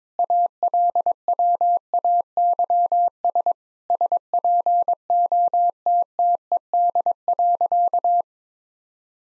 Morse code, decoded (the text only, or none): ALWAYS SPOTTED.